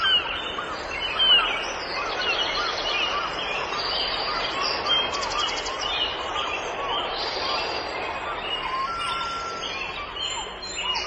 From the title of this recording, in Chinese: 海声鸟鸣